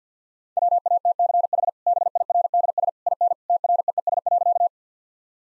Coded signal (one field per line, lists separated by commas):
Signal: Morse code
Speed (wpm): 50 wpm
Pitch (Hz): 700 Hz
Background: none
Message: WATCH BIRDS IN TREES.